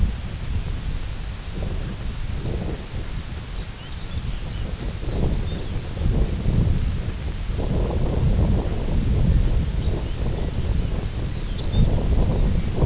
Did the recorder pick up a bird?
yes